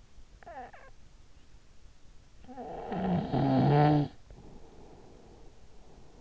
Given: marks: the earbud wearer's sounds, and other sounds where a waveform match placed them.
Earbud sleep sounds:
sounds in sleep by an in-ear microphone; snoring breath
0.27-1.01 s: snoring breath
2.21-6.21 s: snoring breath

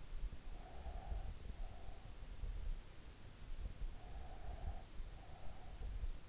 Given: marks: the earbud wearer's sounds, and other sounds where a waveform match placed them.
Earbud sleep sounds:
sounds in sleep by an in-ear microphone; breath
0.47-2.31 s: breath
4.04-5.83 s: breath

